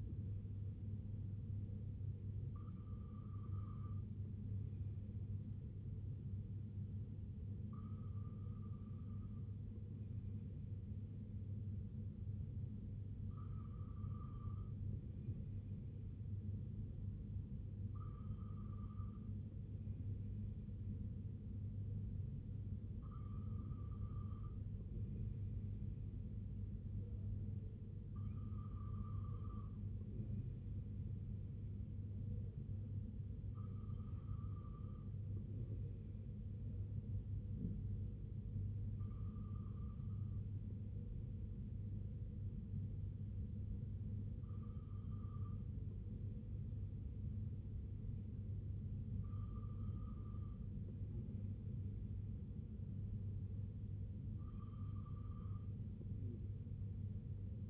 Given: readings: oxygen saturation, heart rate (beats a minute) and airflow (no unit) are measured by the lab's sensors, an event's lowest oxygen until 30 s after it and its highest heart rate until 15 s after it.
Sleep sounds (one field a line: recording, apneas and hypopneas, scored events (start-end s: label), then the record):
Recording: breathing in sleep by a smartphone at the bedside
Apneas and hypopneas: none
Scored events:
9.00-57.70 s: new sleep stage, N2 (light sleep)
From the record:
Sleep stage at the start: N1 (lightest sleep)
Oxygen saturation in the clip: 94 to 96%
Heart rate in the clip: 60 to 69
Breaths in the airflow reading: 11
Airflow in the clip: -4.5 to 2.8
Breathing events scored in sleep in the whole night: 258 in 7.4 hours asleep